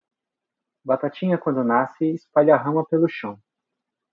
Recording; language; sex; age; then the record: short text; Brazilian Portuguese; male; 20 to 29 years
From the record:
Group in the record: control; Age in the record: 27 years